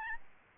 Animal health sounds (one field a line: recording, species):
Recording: mosquito wingbeat signal from an infrared sensor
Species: Aedes albopictus